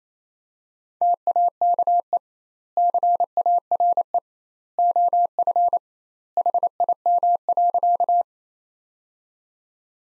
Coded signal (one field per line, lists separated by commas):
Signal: Morse code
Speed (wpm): 28 wpm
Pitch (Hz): 700 Hz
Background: none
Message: TAKE CARE OF HIM.